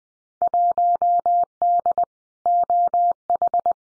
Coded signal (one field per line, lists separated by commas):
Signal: Morse code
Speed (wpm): 20 wpm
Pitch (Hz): 700 Hz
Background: none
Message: 1D OH